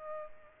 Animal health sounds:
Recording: mosquito wingbeat signal from an infrared sensor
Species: Culex pipiens

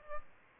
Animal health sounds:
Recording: mosquito wingbeat signal from an infrared sensor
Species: Aedes aegypti

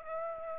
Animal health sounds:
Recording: mosquito wingbeat signal from an infrared sensor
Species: Aedes aegypti

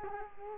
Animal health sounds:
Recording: mosquito wingbeat signal from an infrared sensor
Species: Culex quinquefasciatus

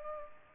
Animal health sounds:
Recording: mosquito wingbeat signal from an infrared sensor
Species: Culex pipiens

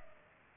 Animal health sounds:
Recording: mosquito wingbeat signal from an infrared sensor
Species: Culex pipiens

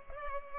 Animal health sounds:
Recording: mosquito wingbeat signal from an infrared sensor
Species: Culex pipiens

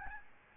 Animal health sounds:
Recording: mosquito wingbeat signal from an infrared sensor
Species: Aedes albopictus

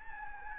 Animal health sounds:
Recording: mosquito wingbeat signal from an infrared sensor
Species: Anopheles gambiae

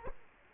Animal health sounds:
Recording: mosquito wingbeat signal from an infrared sensor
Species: Culex quinquefasciatus

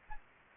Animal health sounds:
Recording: mosquito wingbeat signal from an infrared sensor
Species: Anopheles gambiae

